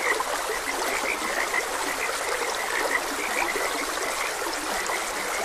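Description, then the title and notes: Dense frog croaking, quick and continuous, with a band of high peeps and the even wash of running water behind it. Frogs croaking beside a gentle stream. "Gentle Stream and Frogs Croaking. Sleep and Relaxation Podcast"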